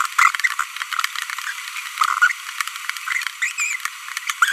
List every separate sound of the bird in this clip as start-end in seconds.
0.19-0.30, 3.42-3.51, 3.58-3.76, 4.42-4.52